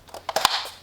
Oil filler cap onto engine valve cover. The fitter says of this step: Make sure it clicks. There you go.